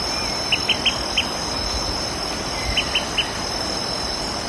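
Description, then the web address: Olive-sided flycatcher giving quick bursts of three or four short, sharp pip notes, then a pause and another burst, over a steady high hum of insects. Recorded in Ecuador. "S America Birds of Ecuador. Olive-sided Flycatcher"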